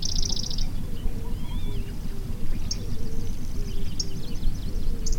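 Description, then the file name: Pallas's grasshopper warbler song: short bursts of rapid high trilled notes mixed with thinner warbled phrases, heard over a steady low rumble. "Golosa ptic - Pevchij sverchok Locustella certhiola"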